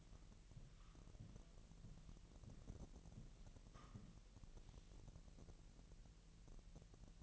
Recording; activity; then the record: daily activity, microphone in the room; walk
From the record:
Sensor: 4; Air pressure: 1002.8 hPa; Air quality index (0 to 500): 248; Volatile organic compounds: 28 ppm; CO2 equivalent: 2914 ppm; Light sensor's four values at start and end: 8/18/7/8 and 8/18/7/8